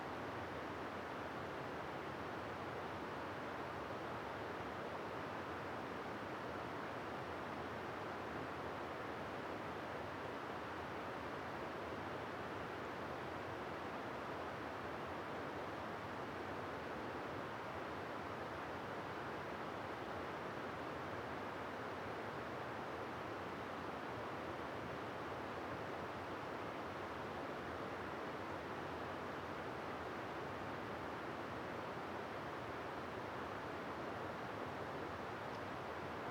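A cool summer night in a forest high in a river valley, heard as a steady, dense rushing wash that never changes across the whole stretch. The sound sits mostly in the low and middle range, like flowing water, with no distinct events standing out.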